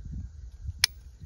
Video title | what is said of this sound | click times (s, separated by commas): Protect your chicken coop with traps! | you hear that click this thing's set and ready to be put in the ground | 0.8 s